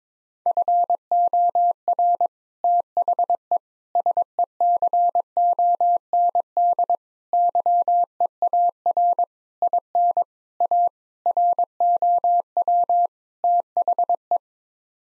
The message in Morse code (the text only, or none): FOR THE SECOND YEAR IN A ROW THE